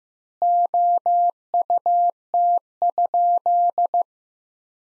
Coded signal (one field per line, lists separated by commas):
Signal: Morse code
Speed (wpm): 15 wpm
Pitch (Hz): 700 Hz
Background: none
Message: OUT?